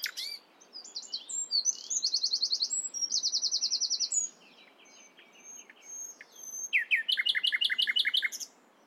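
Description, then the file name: Common nightingale song: rapid repeated chirps in fast trills, pauses, whistled notes and a final pulsing rattle-like burst of notes. "Luscinia megarhynchos"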